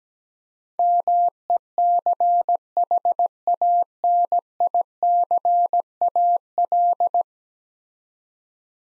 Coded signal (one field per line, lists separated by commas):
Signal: Morse code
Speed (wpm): 17 wpm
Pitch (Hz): 700 Hz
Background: none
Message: MECHANICAL